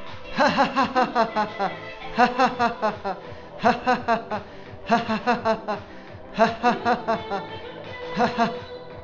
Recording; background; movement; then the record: laughter; music; sitting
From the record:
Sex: male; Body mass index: 20.6 kg/m2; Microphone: on the chest, facing outward